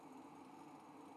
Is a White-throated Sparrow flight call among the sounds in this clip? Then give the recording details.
no. No flight call is heard. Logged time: 03:40 on 5 December 2014